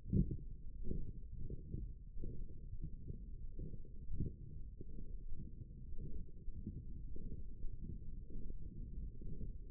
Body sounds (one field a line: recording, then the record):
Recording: forearm muscle sounds (acoustic myography)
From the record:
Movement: forearm supination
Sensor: system 1, eight BSWA MPA416 microphones around the upper forearm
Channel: 1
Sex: male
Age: 23 years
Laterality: right